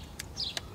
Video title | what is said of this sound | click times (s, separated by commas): Paint Honda Accord 8th Gen Steering Wheel Trim | it it's click | 0.6 s